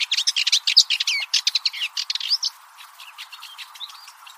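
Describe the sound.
Bird chirping busily with quick, high twittering notes for the first two and a half seconds, followed by fainter, sparser chirps.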